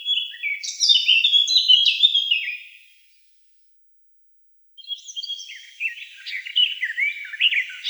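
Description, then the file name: Eurasian blackcap song: a loud flutey whistled phrase, a silence, then a quieter chattering warble building up. "Slavka chernogolovaja"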